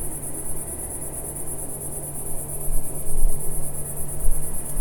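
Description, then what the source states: Cicada song: a bright high-pitched buzz held steady, with some low rumbling growing louder toward the end. Single cicada in a garden in a small village in Picardy, northern France; early evening warmth, among lavender and myrtle bushes.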